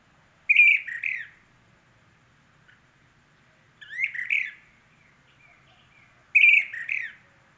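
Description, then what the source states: Brown-crested flycatcher uttering rough, rasping calls, three bursts roughly every three seconds against a quiet background. Subspecies magister.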